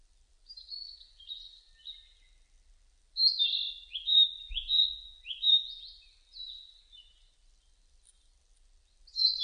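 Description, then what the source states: Narcissus flycatcher singing a brief whistled phrase, then after a pause a longer run of clear, high, downward-sliding whistles, each note slightly different, over near silence. Recorded on 30 April 2005.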